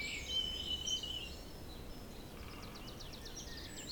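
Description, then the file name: Bird song with high thin whistles at first, then a quick series of sharp ticks later, set against a continuous windy hiss. Forest in spring, windy at Beaufort force 3, recorded at 1 pm. "Forest Spring Birds Windy 3 bft 1 pm"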